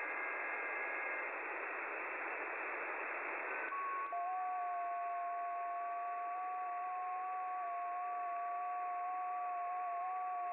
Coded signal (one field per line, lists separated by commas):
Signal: FT8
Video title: FT8 on 12 meter